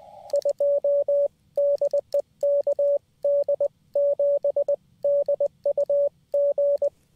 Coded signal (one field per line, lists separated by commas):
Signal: Morse code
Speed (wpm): 20 wpm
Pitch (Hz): 570 Hz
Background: radio noise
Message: 2 DE KD7DUG